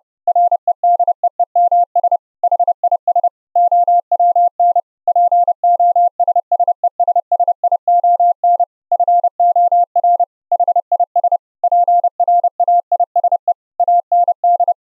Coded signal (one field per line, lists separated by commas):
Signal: Morse code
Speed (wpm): 31 wpm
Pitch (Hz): 700 Hz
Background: none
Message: REDEEMS HIS OWN POSSESSION FOR HIS PRAISE AND